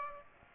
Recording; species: mosquito wingbeat signal from an infrared sensor; Aedes aegypti